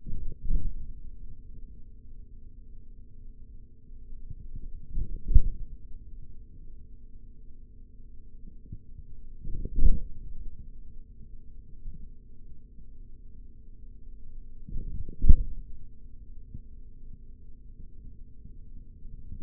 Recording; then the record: forearm muscle sounds (acoustic myography)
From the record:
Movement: forearm supination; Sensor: system 3, bracelet of six PUI Audio POM-2738L microphones around the upper forearm, with dedicated amplification and filtering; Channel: 3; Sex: male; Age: 56 years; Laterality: right